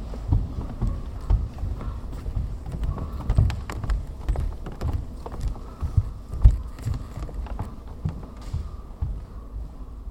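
Dancers' feet shuffle and tap on a wooden floor in a muffled room, with frequent soft thuds and one sharper knock near six seconds.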